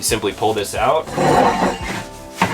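Someone talks while pulling out the magnet-held stowaway bed ladder in the bed area of a Storyteller Overland GXV HILT truck camper, with a short sharp handling knock near 2.4 s. The ladder has not clicked or latched yet.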